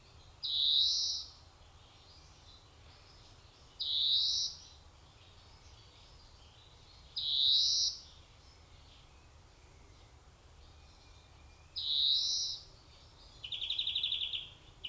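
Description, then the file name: European greenfinch giving four drawn-out nasal wheezes a few seconds apart, ending with a fast twittering trill. "Chloris chloris"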